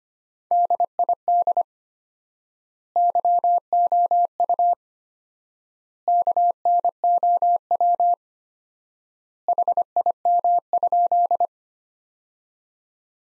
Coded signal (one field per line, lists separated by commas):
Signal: Morse code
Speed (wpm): 25 wpm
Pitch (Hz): 700 Hz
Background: none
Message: DID YOU KNOW HIM?